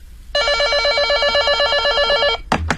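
A telephone rings for an incoming call with a rapid, trilling electronic warble, a bright stack of high tones pulsing evenly for about two seconds, then cuts off, followed by a brief clatter like the handset being picked up.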